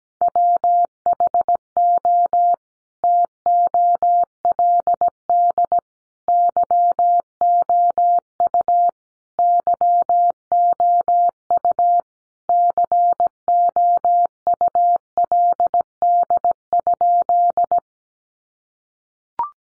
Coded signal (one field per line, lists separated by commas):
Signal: Morse code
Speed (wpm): 17 wpm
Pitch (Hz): 700 Hz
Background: none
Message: WHO TOLD YOU YOU COULD?